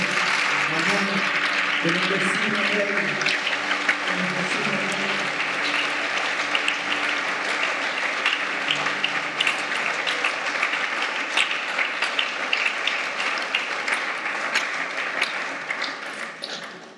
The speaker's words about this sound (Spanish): Dale un aplauso al Rey.